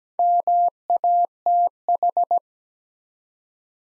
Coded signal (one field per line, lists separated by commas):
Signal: Morse code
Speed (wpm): 17 wpm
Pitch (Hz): 700 Hz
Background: none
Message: MATH